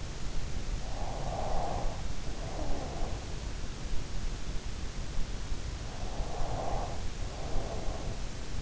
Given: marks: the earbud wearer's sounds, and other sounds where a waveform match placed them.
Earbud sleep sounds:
sounds in sleep by an in-ear microphone; breath, snoring breath
1.26-3.55 s: breath
5.96-8.61 s: snoring breath

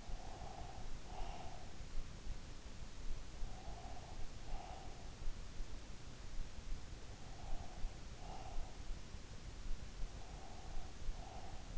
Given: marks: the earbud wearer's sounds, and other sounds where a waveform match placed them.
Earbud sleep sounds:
sounds in sleep by an in-ear microphone; breath
0.00-2.04 s: breath
3.46-5.53 s: breath
7.06-9.10 s: breath
10.00-11.78 s: breath

